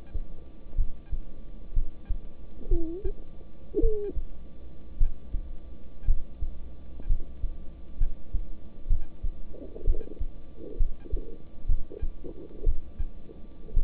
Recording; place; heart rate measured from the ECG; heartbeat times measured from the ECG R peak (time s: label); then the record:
heart sounds by stethoscope; between the tricuspid and mitral areas; 60 bpm
0.76 s: heartbeat
1.74 s: heartbeat
2.69 s: heartbeat
3.81 s: heartbeat
4.98 s: heartbeat
6.05 s: heartbeat
7.07 s: heartbeat
7.98 s: heartbeat
8.88 s: heartbeat
9.85 s: heartbeat
10.78 s: heartbeat
11.67 s: heartbeat
12.64 s: heartbeat
13.74 s: heartbeat
From the record:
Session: rest, lying down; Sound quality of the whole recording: good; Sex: male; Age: 26 years